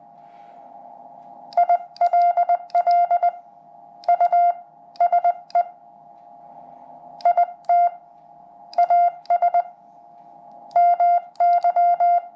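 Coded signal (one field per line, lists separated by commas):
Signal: Morse code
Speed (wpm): 20 wpm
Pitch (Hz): 700 Hz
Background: none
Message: ILL USE IT AS MY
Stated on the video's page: Sent with a BaMaKey TP-III paddle at 25 wpm, a portable paddle suited to Summits on the Air, keyed into a QRP dummy load.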